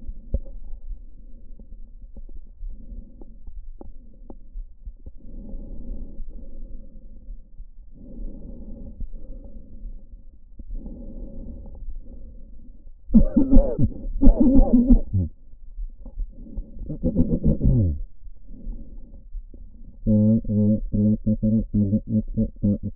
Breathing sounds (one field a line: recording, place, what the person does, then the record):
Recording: lung sounds by stethoscope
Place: right anterior apical chest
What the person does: quiet breathing, then cough and speech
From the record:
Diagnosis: none (healthy)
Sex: male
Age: 45 years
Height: 173 cm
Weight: 92 kg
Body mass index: 30.7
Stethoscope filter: diaphragm mode